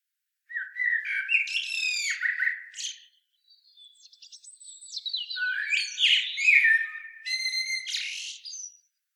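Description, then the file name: Common blackbird song: two phrases of rich fluted notes mixed with high thin twittering flourishes, split by a short gap. "Turdus merula"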